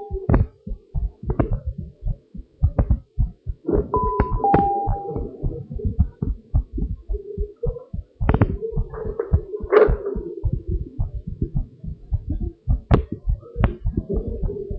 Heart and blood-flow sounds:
heart sounds of a pregnant woman by stethoscope
no fetal heartbeat
From the record:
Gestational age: 40 weeks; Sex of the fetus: girl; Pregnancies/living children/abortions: 2/1/0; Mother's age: 27 years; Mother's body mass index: 31.2

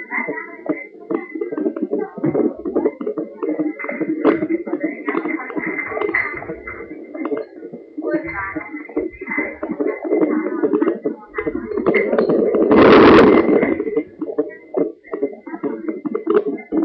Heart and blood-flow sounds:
fetal heart sounds by stethoscope on the mother's abdomen
0.00-10.00 s: 147 bpm
10.00-16.85 s: 152 bpm
From the record:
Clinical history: slow growth of one twin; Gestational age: 31 weeks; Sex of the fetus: twin boys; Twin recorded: left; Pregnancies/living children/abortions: 2/1/0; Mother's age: 28 years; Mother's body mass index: 24.9

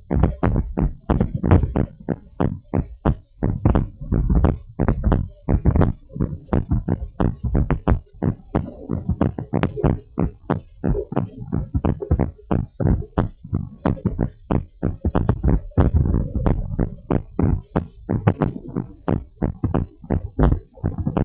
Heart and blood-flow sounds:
heart sounds of a pregnant woman by stethoscope
no fetal heartbeat
From the record:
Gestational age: 39 weeks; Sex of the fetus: girl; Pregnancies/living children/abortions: 1/0/0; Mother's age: 23 years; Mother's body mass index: 24.9

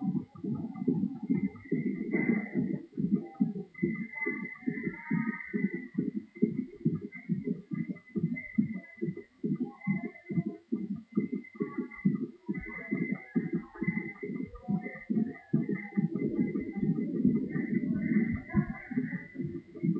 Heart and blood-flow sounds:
fetal heart sounds by stethoscope on the mother's abdomen
0.00-10.00 s: 145 bpm
10.00-20.00 s: 138 bpm
From the record:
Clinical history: decreased amniotic fluid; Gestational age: 34 weeks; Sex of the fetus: girl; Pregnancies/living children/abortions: 3/0/2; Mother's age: 34 years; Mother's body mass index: 28.9

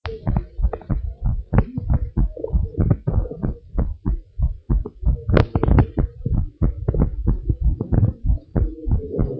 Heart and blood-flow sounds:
heart sounds of a pregnant woman by stethoscope
no fetal heartbeat
From the record:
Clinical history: abnormal fetal non-stress test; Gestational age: 36 weeks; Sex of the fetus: girl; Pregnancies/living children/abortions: 1/0/0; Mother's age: 25 years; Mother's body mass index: 30.9

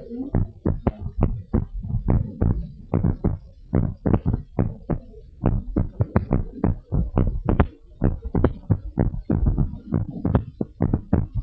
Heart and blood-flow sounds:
heart sounds of a pregnant woman by stethoscope
no fetal heartbeat
From the record:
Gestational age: 39 weeks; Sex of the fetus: girl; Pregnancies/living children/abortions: 2/1/0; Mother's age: 36 years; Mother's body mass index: 25.6

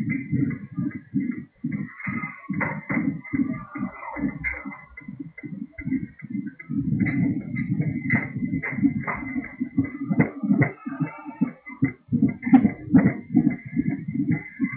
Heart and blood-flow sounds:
fetal heart sounds by stethoscope on the mother's abdomen
0.00-10.00 s: 143 bpm
10.00-14.77 s: 144 bpm
From the record:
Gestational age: 39 weeks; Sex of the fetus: girl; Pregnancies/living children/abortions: 2/1/0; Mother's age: 29 years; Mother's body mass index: 28.0

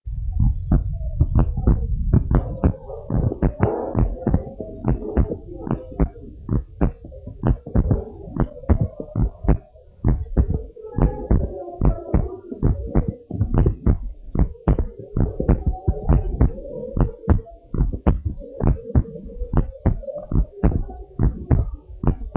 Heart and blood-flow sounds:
heart sounds of a pregnant woman by stethoscope
no fetal heartbeat
From the record:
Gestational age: 40 weeks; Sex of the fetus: boy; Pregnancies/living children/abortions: 2/1/0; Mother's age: 30 years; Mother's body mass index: 31.2

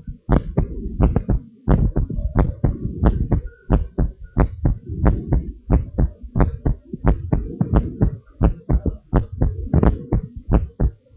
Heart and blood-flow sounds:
heart sounds of a pregnant woman by stethoscope
no fetal heartbeat
From the record:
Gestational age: 38 weeks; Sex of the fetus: boy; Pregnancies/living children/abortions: 2/0/1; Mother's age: 28 years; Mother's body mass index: 33.5

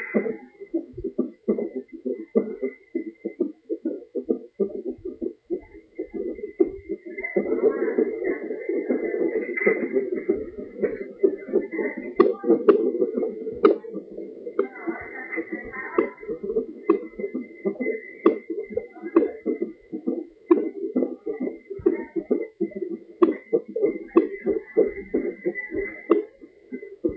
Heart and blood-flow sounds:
fetal heart sounds by stethoscope on the mother's abdomen
0.00-10.00 s: 132 bpm
10.00-20.00 s: 126 bpm
20.00-27.17 s: 128 bpm
From the record:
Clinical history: decreased amniotic fluid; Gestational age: 36 weeks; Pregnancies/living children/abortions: 4/1/2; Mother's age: 29 years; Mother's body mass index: 32.3

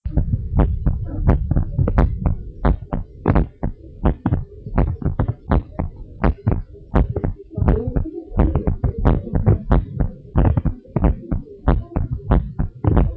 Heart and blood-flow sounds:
heart sounds of a pregnant woman by stethoscope
no fetal heartbeat
From the record:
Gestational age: 38 weeks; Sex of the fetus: boy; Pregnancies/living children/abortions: 2/1/0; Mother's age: 23 years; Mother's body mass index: 28.3

